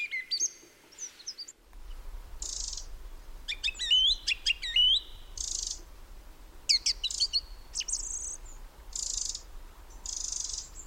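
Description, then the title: Song thrush singing repeated ringing phrases with gaps, mixed with short high buzzy bursts, over a low rumble that starts early on. Song thrush singing, Peak District, during lockdown; described as the longest unbroken song ever heard from a thrush. "Thrush and wren, Peak District"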